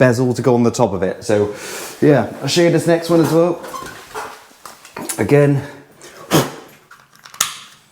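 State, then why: Seated. Someone talks while an electrician connects the next ceiling downlight, pushing its plastic connector together into the spotlight's flex connection. After some light handling taps, the connector clicks in sharply at 7.4 s and is seated.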